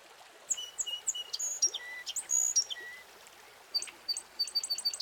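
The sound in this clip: Bird calls: a medley of high clear whistled notes and short chirps, some rising, ending in a quick series of repeated high ticks, over faint background hiss.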